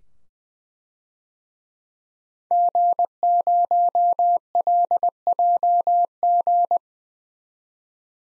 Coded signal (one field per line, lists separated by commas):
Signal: Morse code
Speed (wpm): 21 wpm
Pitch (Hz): 700 Hz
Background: none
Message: G0LJG